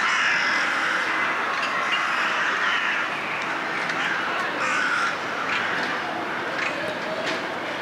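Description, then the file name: Crows cawing together in a thick, rough chorus of overlapping calls. "Un choeur de corbeaux"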